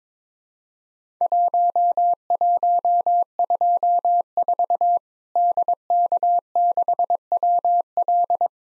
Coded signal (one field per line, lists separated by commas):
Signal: Morse code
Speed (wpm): 23 wpm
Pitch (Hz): 700 Hz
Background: none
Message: 1124 DK6WL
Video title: Worked All Europe DX Contest QTC Exchange 22wpm